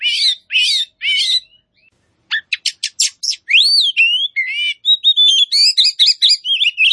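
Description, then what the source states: Oriental magpie-robin singing: three rich warbled phrases, a brief gap, then sharp clicks, rising and falling whistles and rapid chattering notes in a lively stream. Kacer poci type of magpie-robin, singing in gacor style, meaning vigorous and continuous song.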